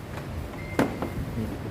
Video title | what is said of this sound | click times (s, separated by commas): เช็ครถใหม่ WAVE 125i ปี 2023 ก่อนส่งมอบลูกค้า พร้อมราคาขายจริง | อันนี้คือเข้าล็อคแล้วนะครับสนิทเลย | 0.8 s, 1.0 s